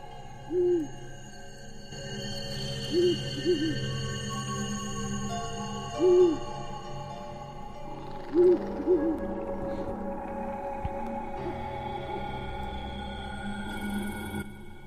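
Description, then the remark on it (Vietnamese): An owl on a branch of a nearby tree hoots repeatedly in short, low calls, some in quick pairs, spaced every couple of seconds over a steady hum of background ambience with no talking. “Ở trên cành cây gần đó, tiếng con chim cú lại vang lên, như là dự báo sẽ có điểm chẳng lành.”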